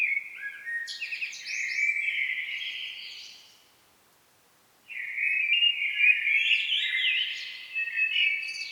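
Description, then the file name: Common blackbird song: two warbled phrases of fluty notes mixed with high scratchy twitters, separated by a quiet gap of over a second. "Turdus merula"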